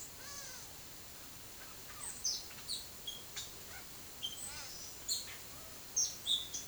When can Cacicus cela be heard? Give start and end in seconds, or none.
0.00-6.67